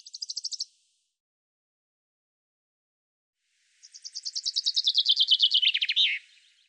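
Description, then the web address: Common chaffinch singing: a short burst of quick notes, silence, then a complete trill of rapid notes that drops in pitch and finishes with an emphatic flourish. "Deverinetal 2025 File cleaned normalized Bird Fr Co"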